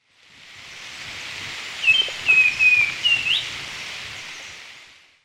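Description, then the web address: Black-and-white becard singing a brief run of sweet whistled notes, a few level phrases followed by an upslurred final note, against constant background hiss. Recorded in Ecuador. "Natures Songs S America Birds of Ecuador. Black-and-White becard"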